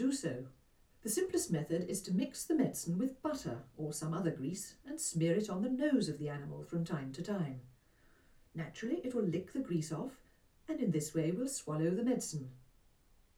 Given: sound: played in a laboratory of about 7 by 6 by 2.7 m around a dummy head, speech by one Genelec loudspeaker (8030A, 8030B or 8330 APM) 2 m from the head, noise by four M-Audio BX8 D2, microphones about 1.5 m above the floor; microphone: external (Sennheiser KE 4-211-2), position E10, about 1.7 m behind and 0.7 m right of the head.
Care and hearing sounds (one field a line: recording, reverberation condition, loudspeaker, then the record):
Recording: female speech in English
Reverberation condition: low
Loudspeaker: in front (0 degrees)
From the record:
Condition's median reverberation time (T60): about 310 ms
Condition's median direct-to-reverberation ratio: about 3.5 dB